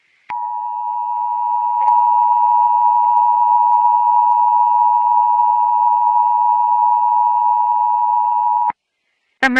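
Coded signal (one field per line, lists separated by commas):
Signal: Emergency Alert System (SAME) tones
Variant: 853 and 960 Hz attention tone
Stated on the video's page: Fictional EAS scenario about a police community safety announcement.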